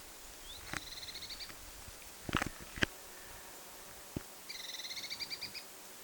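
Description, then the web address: Eurasian blue tit calling in quick, high trills of repeated notes, one early and a longer one near the end, with a few sharp knocks in between. Calling described as completely different from usual; recorded 27 August 2026. "paivat 27 8 2026 ihan eri tavalla aanteleva sinitiainen"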